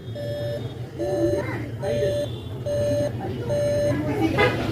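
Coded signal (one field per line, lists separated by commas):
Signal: beep code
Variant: Dell POST beep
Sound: repeating mid-pitched beeps about once a second, five heard, with voices behind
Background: background talk, room noise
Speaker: वो समस्या जो आ रही है फ बीप की तो वो इस बायोस बैटरी से आ रही है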